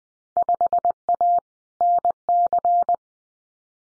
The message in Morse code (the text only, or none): 5A NC